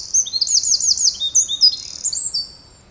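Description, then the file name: Eurasian wren song: a brief, piercing string of very high notes that run into quick rolling trills, lasting about two seconds. "Troglodytes troglodytes"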